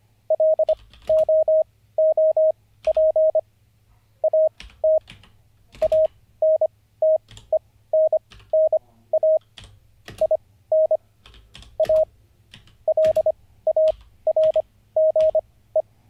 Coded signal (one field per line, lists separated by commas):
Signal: Morse code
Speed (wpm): 25 wpm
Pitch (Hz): 630 Hz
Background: none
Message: LOOP AT ANTENNA IN A LARGE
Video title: N0SSC Learns Morse Code (Day 48) [Livestream]